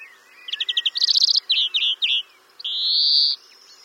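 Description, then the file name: European greenfinch twittering in rapid chirped trills, then short buzzy notes and one long, nasal wheezing note. "Chloris chloris"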